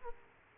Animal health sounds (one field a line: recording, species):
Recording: mosquito wingbeat signal from an infrared sensor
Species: Aedes aegypti